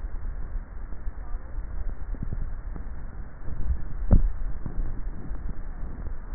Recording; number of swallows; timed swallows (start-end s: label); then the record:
swallowing sounds by neck microphone; 1
3.52-4.32 s: swallow
From the record:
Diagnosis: dysphagia